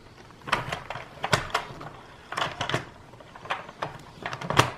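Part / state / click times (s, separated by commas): plastic vacuum part into the upright vacuum body / not seated / none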